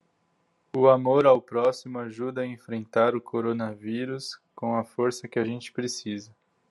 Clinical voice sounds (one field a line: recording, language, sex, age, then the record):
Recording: spoken sentence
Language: Brazilian Portuguese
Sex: male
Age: 20 to 29 years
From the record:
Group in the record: control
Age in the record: 27 years